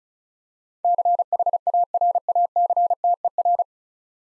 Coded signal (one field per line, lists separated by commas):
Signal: Morse code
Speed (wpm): 36 wpm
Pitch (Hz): 700 Hz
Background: none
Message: CHARACTER